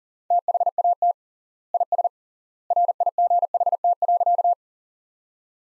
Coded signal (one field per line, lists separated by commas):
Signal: Morse code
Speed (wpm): 37 wpm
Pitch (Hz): 700 Hz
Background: none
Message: THAT IS RIGHT.